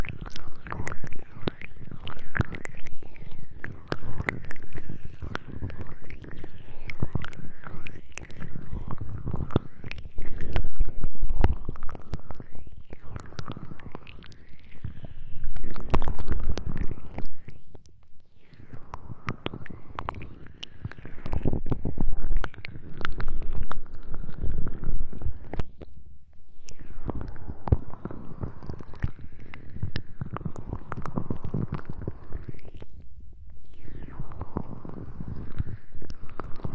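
Aloe gel is worked in an ear massage, making dense, continuous squishing and rubbing with low rumbles, pausing briefly near 18, 26 and 33 seconds.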